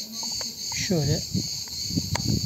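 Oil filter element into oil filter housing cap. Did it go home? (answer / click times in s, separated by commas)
yes / 2.2 s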